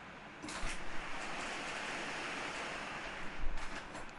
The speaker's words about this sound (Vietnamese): Đọc tới đây trời mưa, mưa lớn, ảnh hưởng bão mưa sáng tới giờ. Nè, mưa nè, mở cửa ra nè.